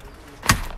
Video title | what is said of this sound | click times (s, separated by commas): Chrysler Pacifica Touring L - Überblick zum US-Minivan in Deutschland - Autopartner American Cars | Dann nehme ich die Klappe wieder, die ich gerade weggemacht habe, lege sie wieder drauf, drücke einmal rein, bis sie eingerastet ist | 0.5 s